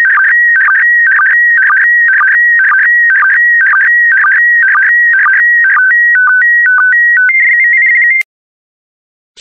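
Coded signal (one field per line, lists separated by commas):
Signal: SSTV (slow-scan television)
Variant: PD120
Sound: warbling electronic tones stepping between two pitches, with short low blips, then silence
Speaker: transmission complete you can now check your decoded image against the picture that is shown on the video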